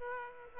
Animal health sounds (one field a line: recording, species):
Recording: mosquito wingbeat signal from an infrared sensor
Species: Aedes aegypti